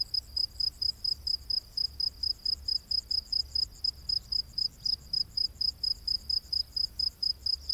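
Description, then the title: Cricket chirping, a shrill high pulse repeated rapidly. Rainforest at night. "Crickets of the Rainforest"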